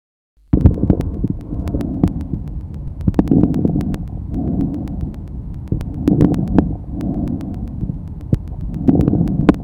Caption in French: Le souffle tubaire. Il. Ressemble au bruit trachéobronchique, mais il est entendu en périphérie du poumon. La présence de crépitants inspiratoires.